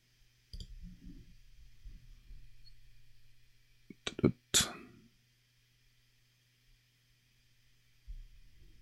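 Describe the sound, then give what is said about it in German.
A few sharp computer mouse clicks land in a quick cluster, crisp and fairly loud, after a stretch of faint low murmuring over a steady background hum. “Und dann klicken wir einfach nochmal drauf.”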